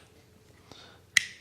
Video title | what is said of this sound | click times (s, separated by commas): Geekvape Loop RDA Review - Innovative airflow control & interesting build deck | just turn it till it clicks in okay so now you can see the | 1.2 s